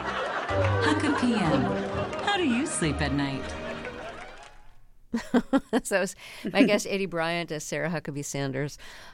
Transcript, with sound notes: HuckaPM - how do you sleep at night?
(Laughter) So that was my guest Aidy Bryant as Sarah Huckabee Sanders.